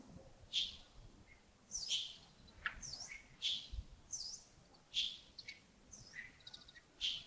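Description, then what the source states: Birds chirping, sharp high notes repeated roughly every second, with a few lower notes between, over faint background hiss. Early morning, Yagongding, 28 December 2025, around 07:40.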